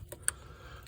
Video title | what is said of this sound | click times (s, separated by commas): Installing/Removing the air intake 99-02 gmt800 Chevy Silverado 1500 gmc Sierra 1500 5.3L V8 | Click, no pull. | 0.3 s